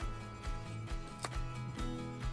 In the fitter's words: It snapped in place.